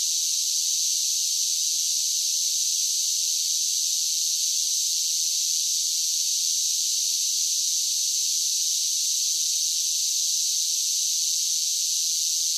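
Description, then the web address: Cicadas giving a steady, unbroken high-pitched hissing drone that holds its level throughout, with no pauses and no other sounds. "Blast Wave Update 2 Insect Cicadas"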